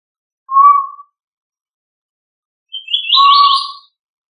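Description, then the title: Tinamou sounding a short, steady whistle, then a second whistle overlapped by a higher, buzzy chattering sound. "Familia Tinamidae - Quail - Puyuh"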